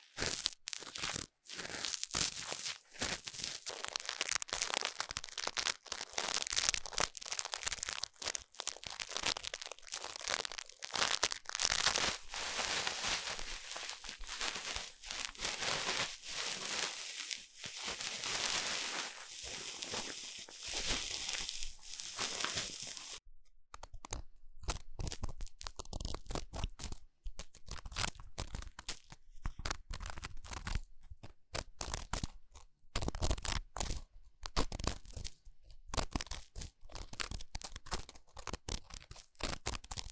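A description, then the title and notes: Ear cleaning sounds: dense, crackly scratching and crinkling that runs almost without pause, bright and hissy. Around 23 seconds the texture changes to sparser, sharper scrapes and crunches separated by brief silences, continuing that way to the end. 台灣ASMR | 雙胞胎幫你掏耳朵 | Twins Ear Cleaning| NO Talking.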